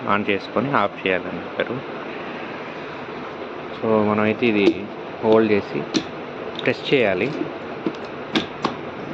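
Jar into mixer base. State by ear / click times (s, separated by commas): seated / 8.4 s, 8.6 s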